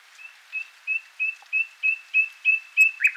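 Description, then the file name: Common nightingale song phrase: a series of clear whistled notes repeated about three times a second, growing steadily louder, ending with a brief harsher flourish. "Luscinia megarhynchos"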